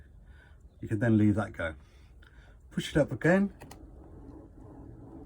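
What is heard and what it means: The caravan roof skylight of a 2021 Buccaneer Cruiser is being pushed up again so its plastic stay engages the next open notch, its highest position, while someone talks. Only faint handling noise is heard between the words. Nothing has clicked or seated yet.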